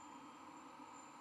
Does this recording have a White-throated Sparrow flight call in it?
no